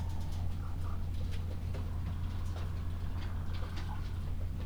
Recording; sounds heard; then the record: poultry house recording; sick chickens (respiratory disease)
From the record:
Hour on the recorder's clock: 12